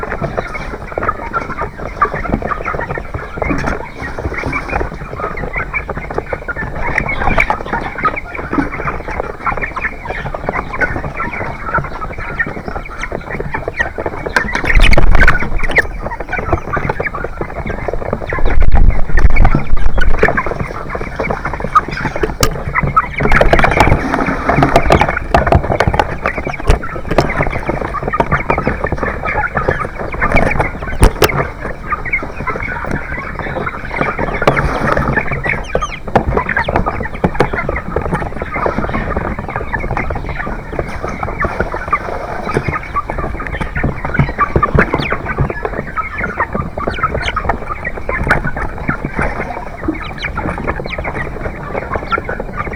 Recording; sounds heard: poultry house recording; background noise or bird activity such as feeding and pecking